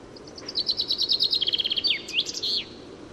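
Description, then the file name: Common chaffinch song: a fast run of bright repeated notes, descending in steps, ending with a sharp flourish. "Fringilla coelebs"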